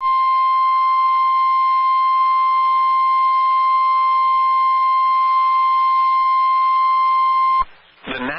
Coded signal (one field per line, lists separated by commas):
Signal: Emergency Alert System (SAME) tones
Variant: 1050 Hz attention tone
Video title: EAS #91-100 my 100th EAS Alert!, Severe thunderstorms in SE, SC, and EC Wisconsin